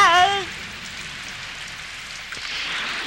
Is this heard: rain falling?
yes